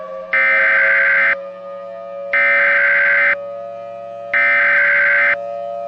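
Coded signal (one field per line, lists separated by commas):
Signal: Emergency Alert System (SAME) tones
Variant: header bursts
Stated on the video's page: Recreated alerts with valid EAS tones, remaking real alerts from a tornado outbreak.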